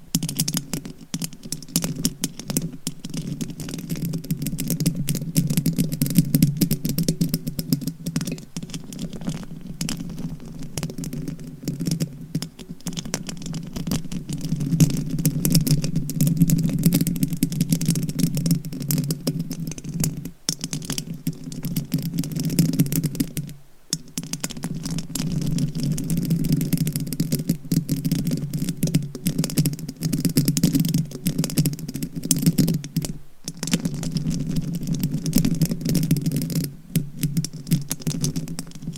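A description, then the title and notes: Fingernails scratch rapidly across a microphone, making a dense, continuous scraping with a strong low rumble underneath and crisp clicking ticks on top. The texture stays busy throughout, with brief near-silent breaks around 20, 24 and 33 seconds before the scratching resumes. ASMR Mic Scratching - Brain Scratching with DIY Nails. No Talking.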